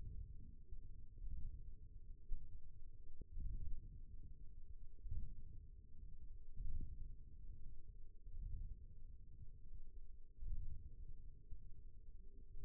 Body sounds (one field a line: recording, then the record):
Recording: forearm muscle sounds (acoustic myography)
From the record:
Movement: ulnar deviation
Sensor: system 1, eight BSWA MPA416 microphones around the upper forearm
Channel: 2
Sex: female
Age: 21 years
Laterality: right